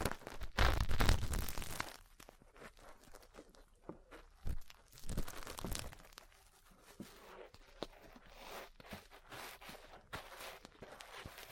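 Ear cleaning and massage sounds: a loud rough rubbing burst in the first two seconds, then quieter scratchy brushes and soft taps recurring irregularly.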